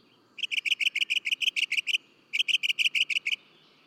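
Northern mockingbird song: two bursts of rapid repeated chirping notes, separated by a short pause.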